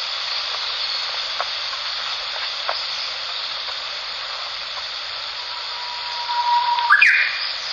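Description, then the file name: Japanese bush warbler song with a level, drawn-out whistle lasting over a second, ending in a brief rising flick of notes; a few faint clicks and continuous hiss behind. "ウグイス"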